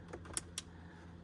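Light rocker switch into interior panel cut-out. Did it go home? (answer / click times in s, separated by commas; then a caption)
yes / 0.4 s, 0.6 s. A plastic rocker switch for RoadShock LED lights on a 2018 GMC Sierra 2500 is pushed into the cut-out in the interior panel. Two sharp clicks at 0.4 s and 0.6 s rise over a low steady hum, with faint rattles before them. The switch snaps into place and is seated.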